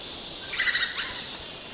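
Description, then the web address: Great slaty woodpecker calls: a short burst of about four high notes in quick succession over a steady background hiss. Recorded 1 May 2007. "20070501. sound great slaty woodpecker"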